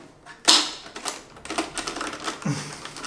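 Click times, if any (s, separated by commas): 0.5 s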